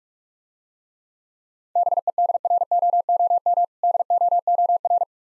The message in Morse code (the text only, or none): BEDROOM DOOR